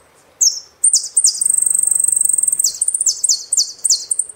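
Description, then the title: Saffron finch in full song: high sweeping notes, a long rapid trill in the middle, then repeated downward-slurred phrases. "Jilguero Argentino"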